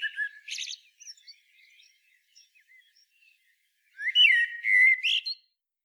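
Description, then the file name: Common blackbird song: a brief high twitter and soft scattered notes, then a loud fluty warbled phrase near the end. "Turdus merula"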